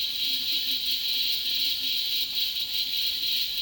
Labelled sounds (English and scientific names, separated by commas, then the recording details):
none
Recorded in dense forest near Puerto Asís, Putumayo, Colombia, on 21 February 2024 at 10:30
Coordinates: 0.502, -76.324
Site G6370